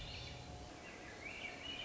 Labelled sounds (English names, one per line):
Swainson's Thrush